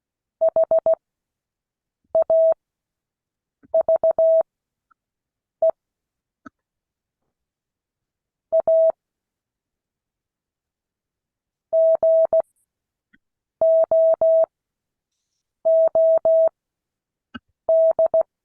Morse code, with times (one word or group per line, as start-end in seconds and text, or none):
0.4-5.7 HAVE
8.5-8.9 A
11.7-18.2 GOOD